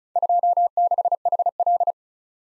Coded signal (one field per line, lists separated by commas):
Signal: Morse code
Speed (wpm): 36 wpm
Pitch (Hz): 700 Hz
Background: none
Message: 26HL